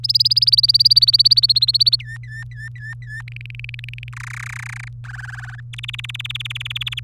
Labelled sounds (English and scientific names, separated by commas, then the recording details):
Domestic Canary (Serinus canaria) song
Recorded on 23 April 2018 at 17:20
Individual llb3